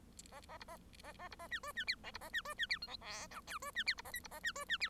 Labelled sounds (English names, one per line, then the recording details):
Bengalese Finch song
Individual Bird1